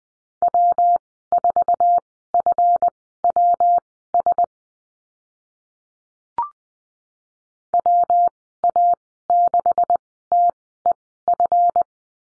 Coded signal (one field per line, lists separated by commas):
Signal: Morse code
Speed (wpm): 20 wpm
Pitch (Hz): 700 Hz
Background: none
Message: W4FWS WA6TEF